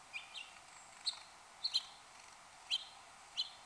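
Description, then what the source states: House finch calls: faint, short high chirps, single or in quick pairs, scattered irregularly over a steady hiss. Recorded on 1 January 2015.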